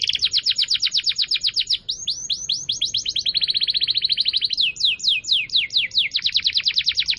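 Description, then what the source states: Canary singing nonstop, rapid sweeping notes strung into trills, shifting into a dense buzzy roll, then slower broad sweeps before fast trills again. Canary song recording used as a lure for birds.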